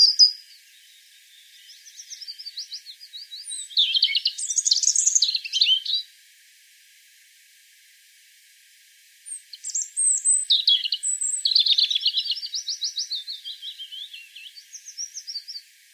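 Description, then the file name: European robin song: two long, high, tumbling phrases of trills and squeaky notes separated by a silent gap of about three seconds. "Erithacus rubecula"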